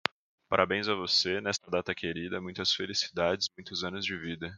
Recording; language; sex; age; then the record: short text; Brazilian Portuguese; male; 20 to 29 years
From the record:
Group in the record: control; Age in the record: 29 years